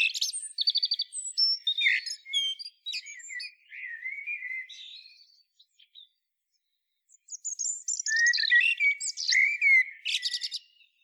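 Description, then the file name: Common blackbird singing mellow whistled phrases that end in thin, high twitters, with a silent gap of about a second before a final busy squeaky phrase. "Turdus merula"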